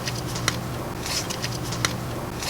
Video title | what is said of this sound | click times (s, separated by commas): DIY FIAT 124: Installing MAXPower ECM by MADNESS | There it is. So, now it's in fully locked position. | 0.5 s, 1.9 s